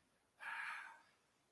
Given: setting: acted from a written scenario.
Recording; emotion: vocal sound without words; ecstasy